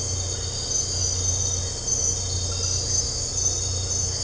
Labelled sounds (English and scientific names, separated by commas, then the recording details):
none
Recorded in dense forest near Puerto Asís, Putumayo, Colombia, on 9 March 2025 at 02:00
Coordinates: 0.468, -76.322
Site GP01